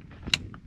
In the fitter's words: hear that snap SL slide down and that's what that baby should look like